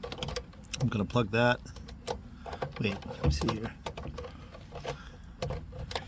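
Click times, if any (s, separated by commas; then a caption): none. Someone talks while handling a plastic cable plug at its socket on a new hot tub spa pack, with short plastic ticks and rustles between the words. Nothing has seated or clicked yet.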